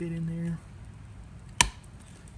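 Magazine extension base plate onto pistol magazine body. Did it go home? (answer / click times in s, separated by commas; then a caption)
yes / 1.6 s. Someone talks briefly while a plastic +4 magazine extension base plate for a Glock G42/G43 is pushed onto the bottom of a pistol magazine body. At 1.6 s it gives one sharp, loud snap as it seats, followed by a couple of faint ticks in a quiet background.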